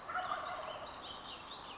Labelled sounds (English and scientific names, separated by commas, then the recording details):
Wild Turkey (Meleagris gallopavo)
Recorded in Sonoma County, California